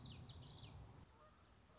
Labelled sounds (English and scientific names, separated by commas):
Common Yellowthroat (Geothlypis trichas)